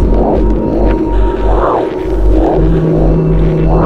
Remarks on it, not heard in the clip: This is something I found inside of me. A heartbeat.